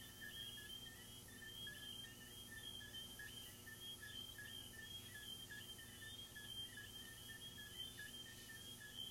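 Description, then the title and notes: Crickets chirping steadily, with a high continuous trill and a lower pulsing chirp repeating roughly once a second over faint background hiss. Crickets recorded in the recordist's garden, presented as relaxing ASMR. "These are relaxing asmr crickets from my garden"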